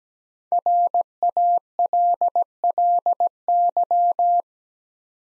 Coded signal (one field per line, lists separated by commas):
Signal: Morse code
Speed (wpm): 17 wpm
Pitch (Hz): 700 Hz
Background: none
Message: RALLY